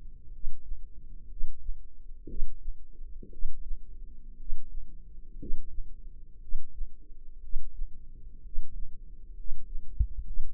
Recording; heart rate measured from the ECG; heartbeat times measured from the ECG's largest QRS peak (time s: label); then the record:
heart sounds by microphone in the left ear; 60 bpm
0.29 s: heartbeat
1.26 s: heartbeat
2.25 s: heartbeat
3.28 s: heartbeat
4.35 s: heartbeat
5.36 s: heartbeat
6.38 s: heartbeat
7.39 s: heartbeat
8.40 s: heartbeat
9.33 s: heartbeat
10.23 s: heartbeat
From the record:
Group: healthy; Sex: male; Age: 25 years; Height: 170 cm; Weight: 70.4 kg